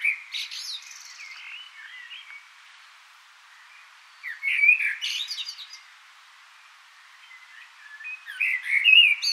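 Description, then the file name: Common blackbird singing fluted warbling phrases with thin, scratchy high twitters, separated by quiet pauses. "Turdus merula"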